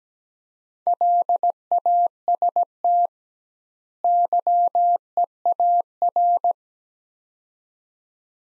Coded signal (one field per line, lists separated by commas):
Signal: Morse code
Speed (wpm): 17 wpm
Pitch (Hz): 700 Hz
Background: none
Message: LAST YEAR